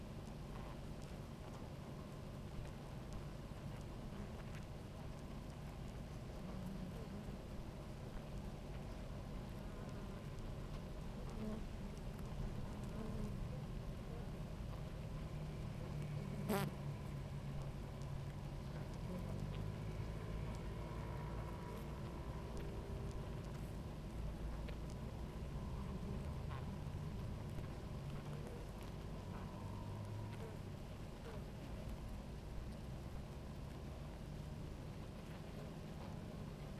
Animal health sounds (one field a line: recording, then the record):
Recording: honeybee colony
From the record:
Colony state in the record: active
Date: 28 July 2017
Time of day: 17:30